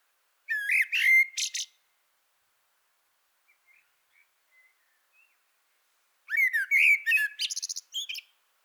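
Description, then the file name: Common blackbird singing two phrases about five seconds apart, each a fluty whistle followed by high chattering twitters, with a few very faint notes in the gap. "Turdus merula"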